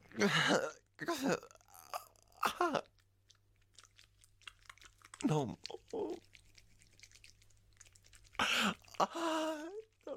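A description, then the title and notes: A man moans and whimpers in short voiced bursts with gaps, plus wet mouth and chewing-like clicks and a low steady hum underneath. Male moaning & whimpering asmr.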